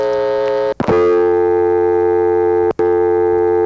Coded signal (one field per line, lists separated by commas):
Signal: telephone call progress tone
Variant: North America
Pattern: dial tone